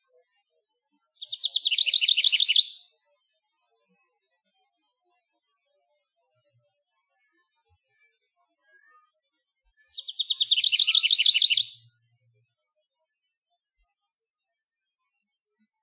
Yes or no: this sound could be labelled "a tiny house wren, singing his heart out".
yes